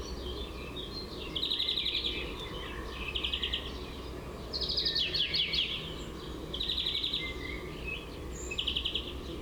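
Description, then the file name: European greenfinch song: a run of rapid, buzzy trills repeated every one to two seconds, with light twittering over a steady low hum. "Chloris chloris"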